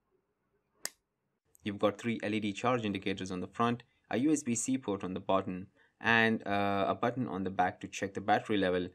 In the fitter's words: and the satisfying snap when closing it makes it 10 times better